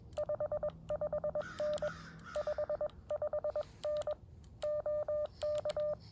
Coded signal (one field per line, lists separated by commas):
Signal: Morse code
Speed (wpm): 21 wpm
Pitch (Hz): 590 Hz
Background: none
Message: 55N 55N OK